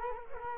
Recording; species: mosquito wingbeat signal from an infrared sensor; Culex quinquefasciatus